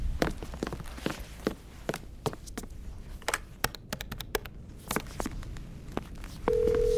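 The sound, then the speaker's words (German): Irregular footsteps tap along for several seconds, followed by a burst of quick clicks from a telephone in a hallway being dialed to call the Three Oaks Hotel, and a steady low telephone tone at the very end. “Im Flur steht ein Telefon. Ich rufe im Hotel an.”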